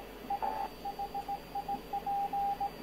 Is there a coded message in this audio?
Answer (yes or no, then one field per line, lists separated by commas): yes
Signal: Morse code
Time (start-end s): 0.3-2.7 s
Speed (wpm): 17 wpm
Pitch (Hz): 800 Hz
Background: radio noise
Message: SHIP